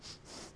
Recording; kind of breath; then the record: one breath in and out by a microphone near the nose and mouth; strong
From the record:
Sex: male